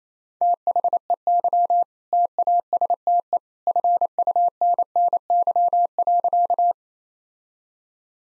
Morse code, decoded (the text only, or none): THEY TASTE FUNNY.